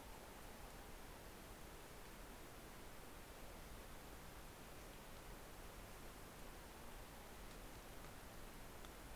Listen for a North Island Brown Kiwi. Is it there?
no